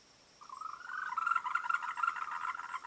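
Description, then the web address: A frog breaks into a quick trill of pulsed croaks after a brief silence, the notes growing louder as the call continues. "voice cam frogs"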